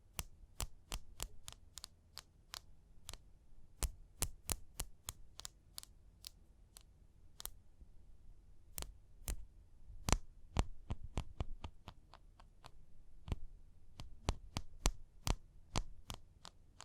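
Sharp, dry taps land one after another for the whole stretch, each a quick bright click. They come irregularly, about two or three per second, sometimes in quick pairs. A low, steady hum runs underneath throughout.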